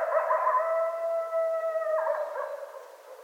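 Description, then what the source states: Coyote howl with a steady held note for about two seconds, then breaking into choppy yips that trail off quietly. Coyotes, plural, recorded 25 January 2013.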